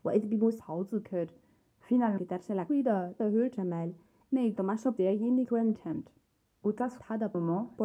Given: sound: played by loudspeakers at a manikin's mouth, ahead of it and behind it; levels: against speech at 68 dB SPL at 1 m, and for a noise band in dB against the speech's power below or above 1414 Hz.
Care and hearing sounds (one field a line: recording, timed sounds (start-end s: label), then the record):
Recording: test signals for a remote microphone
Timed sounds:
0.00-7.85 s: speech test signal (ISTS)
From the record:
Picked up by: measurement microphone